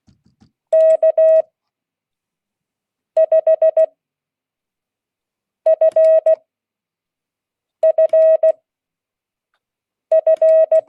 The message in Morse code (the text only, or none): K5FFF